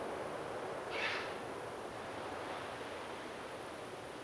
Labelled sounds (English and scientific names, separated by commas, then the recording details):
Grey Heron (Ardea cinerea)
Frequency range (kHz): Grey Heron (Ardea cinerea) 1.2-6.4 kHz
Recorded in France